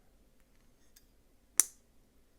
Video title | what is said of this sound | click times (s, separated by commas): Y-Start LK5017 & LK5018 Titanium framelock Knives Big,badass and Budget friendly ! | hear that click | 1.6 s